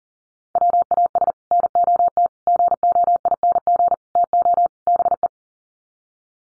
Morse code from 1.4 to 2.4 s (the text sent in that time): NOT